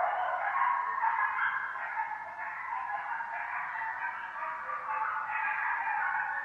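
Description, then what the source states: Coyote chorus: several animals howl and yip together in a continuous overlapping wavering mass of tones that rise and fall throughout. Several coyotes, recorded 5 November 2015.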